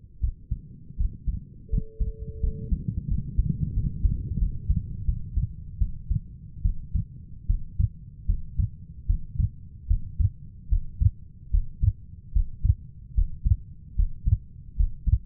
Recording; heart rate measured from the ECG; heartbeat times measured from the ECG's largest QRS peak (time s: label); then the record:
heart sounds by stethoscope; 78 bpm
0.21 s: heartbeat
0.97 s: heartbeat
1.70 s: heartbeat
2.41 s: heartbeat
3.08 s: heartbeat
3.74 s: heartbeat
4.39 s: heartbeat
5.06 s: heartbeat
5.79 s: heartbeat
6.62 s: heartbeat
7.47 s: heartbeat
8.26 s: heartbeat
9.07 s: heartbeat
9.88 s: heartbeat
10.69 s: heartbeat
11.51 s: heartbeat
12.33 s: heartbeat
13.15 s: heartbeat
13.96 s: heartbeat
14.77 s: heartbeat
From the record:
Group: healthy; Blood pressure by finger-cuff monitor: 145/90 mmHg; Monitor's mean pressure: 106 mmHg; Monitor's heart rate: 74 bpm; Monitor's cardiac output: 5.7 L/min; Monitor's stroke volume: 76 mL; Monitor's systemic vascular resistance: 1370 dyn s/cm5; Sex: female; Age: 37 years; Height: 168 cm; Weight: 70 kg